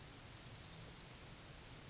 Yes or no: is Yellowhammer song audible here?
no